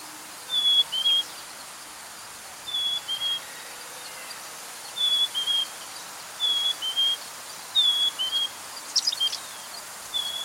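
Bird song, a short clear whistle dropping to a lower note, repeated several times over a soft hiss.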